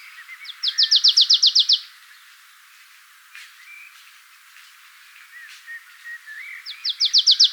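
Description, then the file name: Marsh tit gives a rapid run of about ten sharp repeated notes, then quiet with faint chirps, and another fast run starts near the end. "Poecile palustris"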